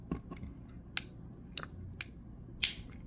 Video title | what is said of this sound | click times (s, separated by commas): Jada Toys Street Fighter II M. Bison Figure Review | There you go. That's the click you want to hear. | 2.6 s